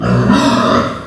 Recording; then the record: squeal of a Yucatan mini pig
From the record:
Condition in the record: after surgery on the right vocal fold (resection and tissue-engineered implant); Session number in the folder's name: 13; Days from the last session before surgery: 113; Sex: female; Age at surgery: 19 weeks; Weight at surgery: 25 kg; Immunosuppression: prednisolone